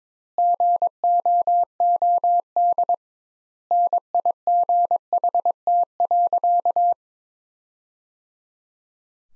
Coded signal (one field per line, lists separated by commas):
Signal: Morse code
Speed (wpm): 22 wpm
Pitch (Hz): 700 Hz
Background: none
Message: GOOD NIGHT.